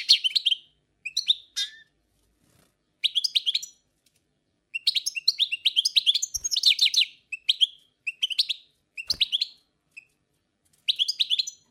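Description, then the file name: Song Thrush song made of separate short phrases of clear whistles and chips, with short silences between them. "Pevchie pticy lesa - CSHegol"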